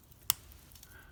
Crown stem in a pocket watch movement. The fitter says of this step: click and then move everything into the forward direction till you got the time set